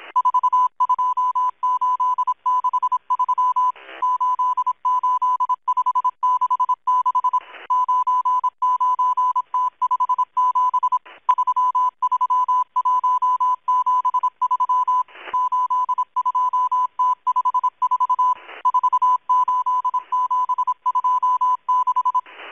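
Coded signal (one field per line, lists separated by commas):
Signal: Morse code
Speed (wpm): 26 wpm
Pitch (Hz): 1000 Hz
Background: none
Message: 42863 88566 99T57 33173 82T54 48726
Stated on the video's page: Russian Morse numbers station M12 on 11144 kHz using cut zero, received on an online WebSDR.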